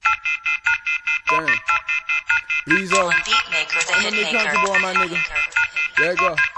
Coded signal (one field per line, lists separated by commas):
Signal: telephone call progress tone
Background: speech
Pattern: off-hook warning tone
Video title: Dial Tone Freestlye -COPPAGE BEZZO